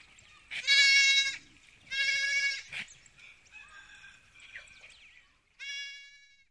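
Sheep bleating three times, two bleats close together, then another after a pause.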